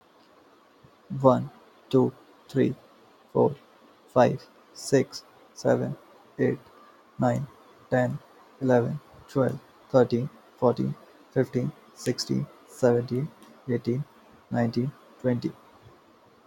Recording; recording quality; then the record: counting at a normal pace; excellent, no background noise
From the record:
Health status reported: healthy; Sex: male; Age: 24 years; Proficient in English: yes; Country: India